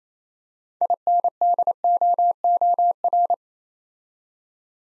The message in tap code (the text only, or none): none